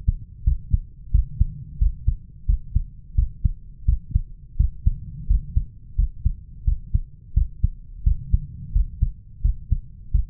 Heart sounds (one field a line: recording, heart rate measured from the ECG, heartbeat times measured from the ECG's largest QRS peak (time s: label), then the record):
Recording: heart sounds by stethoscope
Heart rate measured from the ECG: 87 bpm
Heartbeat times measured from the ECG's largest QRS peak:
0.46 s: heartbeat
1.14 s: heartbeat
1.81 s: heartbeat
2.48 s: heartbeat
3.17 s: heartbeat
3.88 s: heartbeat
4.59 s: heartbeat
5.29 s: heartbeat
5.98 s: heartbeat
6.67 s: heartbeat
7.36 s: heartbeat
8.06 s: heartbeat
8.75 s: heartbeat
9.44 s: heartbeat
10.14 s: heartbeat
From the record:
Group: healthy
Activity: rest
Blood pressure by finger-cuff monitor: 134/80 mmHg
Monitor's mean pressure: 99 mmHg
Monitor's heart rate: 87 bpm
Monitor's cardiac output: 7.6 L/min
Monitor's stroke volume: 86 mL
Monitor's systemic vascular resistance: 980 dyn s/cm5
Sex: male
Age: 21 years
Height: 175 cm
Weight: 72.6 kg